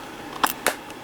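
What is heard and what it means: A snap lid is pressed closed again onto a square plastic storage container, giving two sharp, bright clicks at 0.4 s and 0.7 s over a quiet background. The lid snaps shut and is seated.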